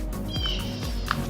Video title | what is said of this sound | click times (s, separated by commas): SCSR Studios 261,505 Subscriber Video Jukebox | And it just snap into place | 1.1 s